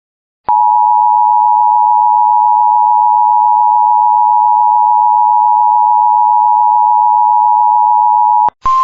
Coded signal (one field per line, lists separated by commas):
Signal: Emergency Alert System (SAME) tones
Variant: 853 and 960 Hz attention tone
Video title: EAS Tropical Storm Warning for the Gulf of Mexico just south of Texas.